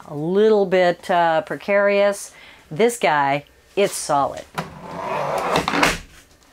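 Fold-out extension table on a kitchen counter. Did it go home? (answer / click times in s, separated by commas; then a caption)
yes / 5.7 s, 5.8 s. A fold-out extension table on the kitchen counter of a 2024 MDC USA XT16HR Island RV trailer is raised, and its support latches into place. Someone talks, then a rustling handling sound ends in two sharp snaps at 5.7 and 5.8 seconds as the table seats solidly.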